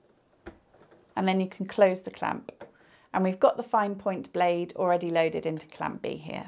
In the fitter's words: take the lid off and then push it down until it clicks into clamp a